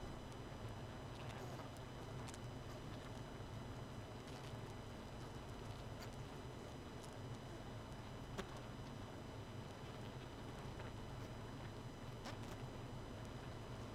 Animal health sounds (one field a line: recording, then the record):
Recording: honeybee colony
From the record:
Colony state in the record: missing queen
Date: 31 May 2018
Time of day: 22:51